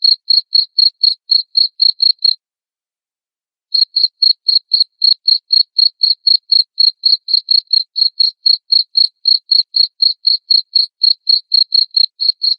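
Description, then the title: Cricket chirping, shrill pulsed chirps about four per second, pausing briefly for over a second before resuming the steady series. Loud cricket chirping played to make lovebirds sing continuously. "Suara JANGKRIK NGERIK Keras Bikin LOVEBIRD Jadi NGEKEK Terus Vubey"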